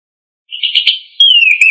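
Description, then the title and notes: Bird song with a short scratchy trill, then a clear whistled note sliding gently downward. Songbirds from Indonesia. "Kumpulan Kicau Burung Indonesia"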